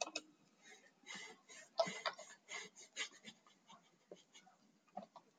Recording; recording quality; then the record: shallow breathing; excellent, no background noise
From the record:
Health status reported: exposed to COVID-19, no respiratory illness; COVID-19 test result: not tested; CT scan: not taken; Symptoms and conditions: cough, sore throat, fever, muscle pain, asthma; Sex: male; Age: 26 years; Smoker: no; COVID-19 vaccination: one dose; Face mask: not worn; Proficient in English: yes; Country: India